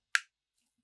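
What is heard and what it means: A small polymer backstrap is lined up, pressed hard and slid up onto the grip module of a Springfield Armory Echelon pistol. A single sharp, bright click sounds at 0.2 s and fades within about a tenth of a second, followed by near silence. The backstrap is seated and locked in place.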